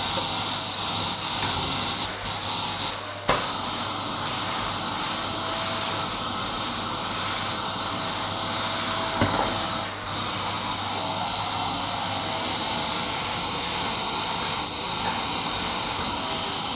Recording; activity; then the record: daily activity, microphone in the room; vacuum cleaning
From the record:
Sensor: 3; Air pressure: 994.4 hPa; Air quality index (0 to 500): 208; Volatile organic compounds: 1000 ppm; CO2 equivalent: 6924 ppm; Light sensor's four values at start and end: 71/167/69/65 and 75/175/72/69